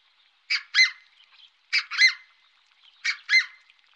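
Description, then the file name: Red-breasted goose calls: three sharp, squeaky double notes, each pair a quick high yelp, spaced about every one and a quarter seconds. "Rodhalsad gas"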